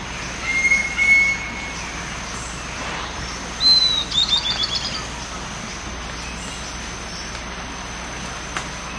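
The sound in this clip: Bird calls: a level whistle early on, then a sharp high whistle and a short descending series of trilled notes a few seconds later, against a constant hum of noise.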